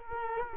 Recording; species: mosquito wingbeat signal from an infrared sensor; Culex quinquefasciatus